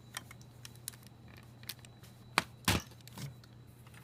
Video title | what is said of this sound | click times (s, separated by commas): Episode 9: 4480 Jabba's Palace, 2003 | it clicks into place | 2.4 s